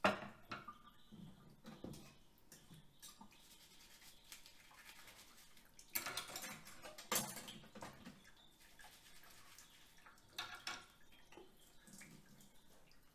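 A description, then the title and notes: Dishes being washed, with running water and plates, cutlery and pans clattering. Sharp clinks and knocks come irregularly over a soft steady hiss, with louder bursts of clatter around six, seven and ten seconds and quieter stretches between. Evening Dishes and Kitchen Redding. Washing dishes, running water, cupboards and drawers opening and closing in a quiet house.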